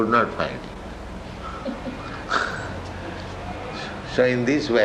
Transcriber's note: chuckles